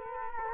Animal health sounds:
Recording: mosquito wingbeat signal from an infrared sensor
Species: Culex quinquefasciatus

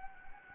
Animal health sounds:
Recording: mosquito wingbeat signal from an infrared sensor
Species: Anopheles gambiae

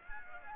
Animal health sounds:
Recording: mosquito wingbeat signal from an infrared sensor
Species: Aedes aegypti

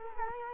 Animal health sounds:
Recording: mosquito wingbeat signal from an infrared sensor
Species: Culex quinquefasciatus

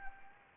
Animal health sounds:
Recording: mosquito wingbeat signal from an infrared sensor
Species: Anopheles arabiensis

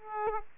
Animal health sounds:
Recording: mosquito wingbeat signal from an infrared sensor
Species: Aedes aegypti

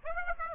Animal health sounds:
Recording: mosquito wingbeat signal from an infrared sensor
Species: Aedes aegypti

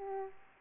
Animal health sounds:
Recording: mosquito wingbeat signal from an infrared sensor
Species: Aedes aegypti

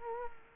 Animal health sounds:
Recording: mosquito wingbeat signal from an infrared sensor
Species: Culex quinquefasciatus

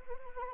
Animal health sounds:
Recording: mosquito wingbeat signal from an infrared sensor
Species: Anopheles arabiensis

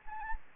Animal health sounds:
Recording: mosquito wingbeat signal from an infrared sensor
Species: Anopheles gambiae

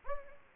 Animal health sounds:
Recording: mosquito wingbeat signal from an infrared sensor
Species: Anopheles gambiae

